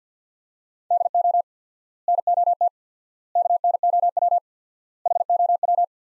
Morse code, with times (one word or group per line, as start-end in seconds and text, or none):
0.9-1.4 DO
2.1-2.7 NOT
3.4-4.4 KNOW
5.1-5.8 HOW